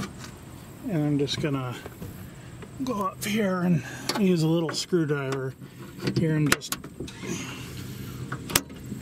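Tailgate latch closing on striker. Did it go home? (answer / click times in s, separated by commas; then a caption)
yes / 8.3 s, 8.6 s. Someone talks while a small screwdriver is pushed into the jaw of a metal tailgate latch on a 1999 Subaru Outback, closing it the way the striker would. The latch gives two sharp clicks at 8.3 s and 8.6 s and locks into the closed position.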